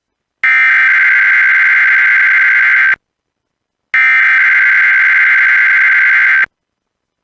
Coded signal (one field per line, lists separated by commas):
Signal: Emergency Alert System (SAME) tones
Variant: header bursts